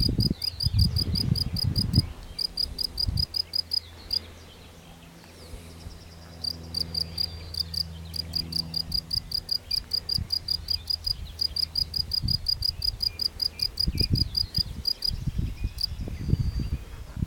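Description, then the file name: Field cricket chirping in rapid runs of high pulses, pausing briefly near the fifth second, then resuming steadily over low rumbles and occasional knocks. Recorded at Krępa. "swierszcz polny. Krepa. Orzechowski R"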